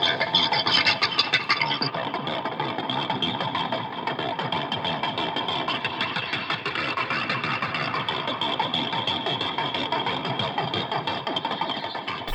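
Harmonica beatboxing plays steadily throughout, a dense, breathy, buzzing reed tone over quick, rhythmic percussive pulses, staying fairly loud and even with no one talking.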